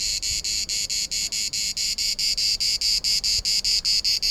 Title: Cigala, cicada orni